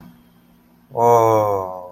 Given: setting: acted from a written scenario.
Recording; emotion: vocal sound without words; awe